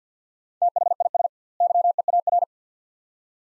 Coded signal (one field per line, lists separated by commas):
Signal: Morse code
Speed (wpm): 50 wpm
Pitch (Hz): 700 Hz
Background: none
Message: THIS YEAR